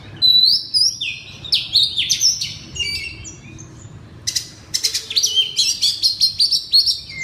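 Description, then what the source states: Oriental magpie-robin giving loud whistled phrases, then a fast run of sharp chipping and trilled notes toward the end. Oriental magpie-robin (kacer) singing loudly in ngeplong style.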